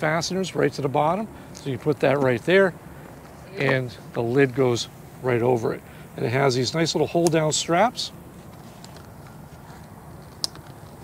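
Someone talks while fastening a small hold-down strap over the battery compartment lid of a Litheli Frozenpack backpack fridge. The strap buckle snaps shut with a single sharp click at 10.4 s, seating it and keeping everything locked into place.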